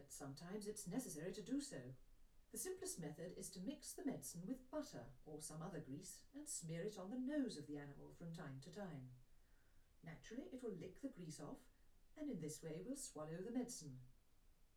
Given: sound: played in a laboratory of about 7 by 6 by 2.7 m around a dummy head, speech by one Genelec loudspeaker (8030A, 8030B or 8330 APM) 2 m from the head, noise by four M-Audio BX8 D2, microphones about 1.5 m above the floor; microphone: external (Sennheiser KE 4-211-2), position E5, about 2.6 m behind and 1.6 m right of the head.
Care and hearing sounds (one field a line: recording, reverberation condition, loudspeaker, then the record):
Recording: female speech in English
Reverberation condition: low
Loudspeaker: 30 degrees to the right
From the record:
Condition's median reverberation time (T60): about 310 ms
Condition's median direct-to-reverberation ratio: about 3.5 dB